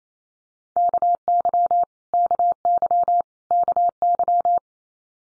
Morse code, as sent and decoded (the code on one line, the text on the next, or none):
-.- -.-- / -.- -.-- / -.- -.--
KY KY KY